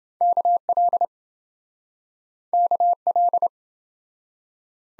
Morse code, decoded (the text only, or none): KL KL